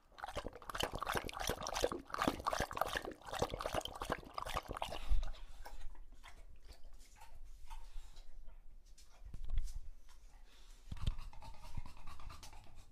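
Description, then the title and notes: English Bulldog drinking, loud quick splashing laps for several seconds, fading to softer slurps, breaths and a few isolated wet smacks. English Bulldog named Lucho, male, drinking from a water bowl after a long walk; out of breath, heavy breathing in between drinks, drinks for a long time. "English Bulldog Drinks from Water Bowl - Weird Sounds. listen to Lucho the English Bulldog as he tries to drink water after a long walk. Don't let his heavy breathing fool you in between drinks, he's equally out of breath from the walk"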